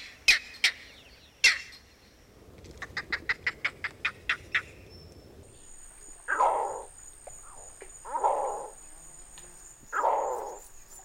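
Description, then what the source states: Green heron with sharp clicks, then a rapid series of clucking pulses, followed by three hoarse squawks about two seconds apart, while a high insect tone drones. Sounds described as squawks, squeaks and cackles; Virginia.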